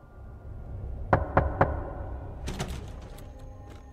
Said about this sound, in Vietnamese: Đúng 3 tiếng một, rõ lắm. Chú Quân mở mắt ra, giọng tai lắng nghe. Đúng thật là tiếng gõ cửa, không sai, đúng là tiếng gõ cửa.